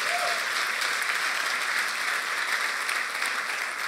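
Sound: audience applause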